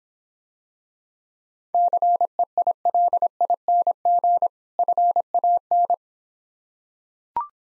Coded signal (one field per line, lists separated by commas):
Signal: Morse code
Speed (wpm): 26 wpm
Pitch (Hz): 700 Hz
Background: none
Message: CEILING FAN